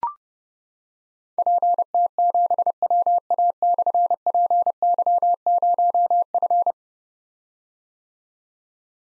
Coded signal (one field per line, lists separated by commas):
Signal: Morse code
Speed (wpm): 30 wpm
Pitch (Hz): 700 Hz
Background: none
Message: PT7WA/PY0F